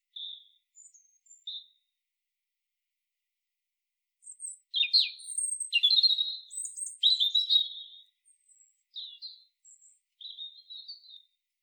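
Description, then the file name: European robin singing: a few soft high notes, then a loud run of sharp, trilled, tumbling phrases for several seconds, with quieter warbled notes at the end. "Erithacus rubecula"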